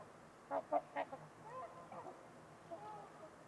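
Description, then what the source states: Trumpeter swans giving three quick nasal honks, then fainter, softer calls fading into background hiss. Several trumpeter swans at Winters Lake on a winter evening, in a quiet, deep valley, with distant white noise.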